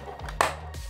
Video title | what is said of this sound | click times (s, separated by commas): Fans Hobby God Armour (3rd Party Masterpiece Godbomber) [Crate Reviews 84] | it's far enough, it clicks into place. | 0.4 s